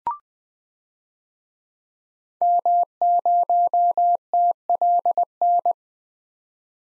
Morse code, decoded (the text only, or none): M0TLN